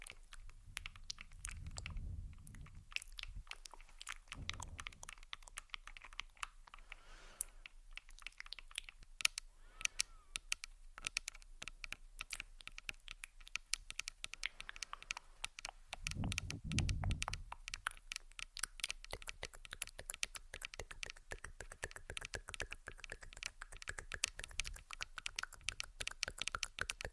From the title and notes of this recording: ASMR Subtle Mouth Sounds + Tapping On Tascam.